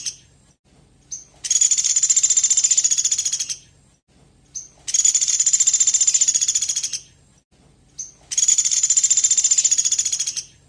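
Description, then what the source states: Velvet-fronted nuthatch trill, three high dry buzzing rattles each lasting about two seconds, coming roughly every three and a half seconds, each introduced by a brief short note. Known in Indonesian as 'pelatuk beras', described as gacor (vocal, calling constantly), recorded for use as masteran, a tutor track for teaching caged songbirds.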